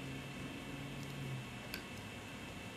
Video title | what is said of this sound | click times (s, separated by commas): Dental Safety Syringe.m4v | you'll actually feel and hear a little click when it reaches that point | 1.7 s